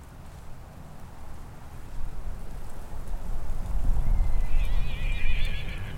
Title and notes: Open Moorland. New Forest National Park. Hear the bees buzz and the sounds of the famous new Forest ponies on a gentle breeze